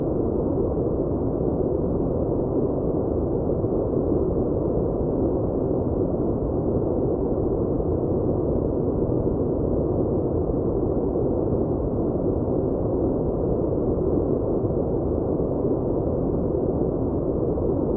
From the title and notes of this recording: White Noise.